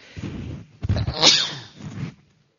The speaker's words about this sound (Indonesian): Masa ada yang banyak masak sambal ya? Bawaannya bersin terus.